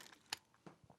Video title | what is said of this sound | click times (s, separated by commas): Taurus GX4...Best Budget Micro Carry? | you will feel it click there and you pull the trigger obviously you want to make sure that it is safe | 0.3 s